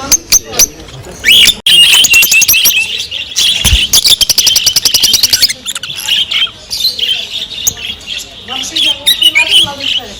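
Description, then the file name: Fischer's lovebird in dense chirping chatter, a fast rattling run of shrill clicks midway, then scattered squeaky tweets and twitters. Beautiful singing and chirping. "nerazlucniki fisera potryasayushhei krasoty krasivoe penie i cirikane nerazlucnikov fisera"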